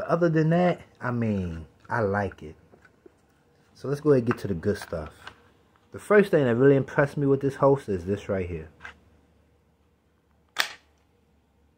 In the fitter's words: How securely it locks into place.